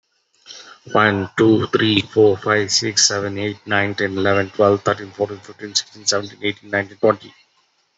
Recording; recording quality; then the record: counting at a fast pace; excellent, no background noise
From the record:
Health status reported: COVID-19 positive, mild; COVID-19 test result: positive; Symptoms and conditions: cough, cold, fever, hypertension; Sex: male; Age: 42 years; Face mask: not worn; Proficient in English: yes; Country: India